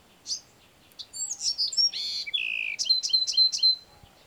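Bewick's wren song: a lone high note, then buzzy slurs, a low whistle and a short run of crisp descending notes.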